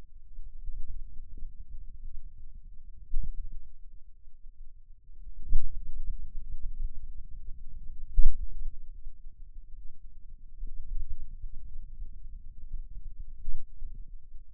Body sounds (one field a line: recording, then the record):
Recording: forearm muscle sounds (acoustic myography)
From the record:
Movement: pen grasping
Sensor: system 2, bracelet of six BSWA MPA416 microphones around the upper forearm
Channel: 1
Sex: male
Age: 22 years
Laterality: right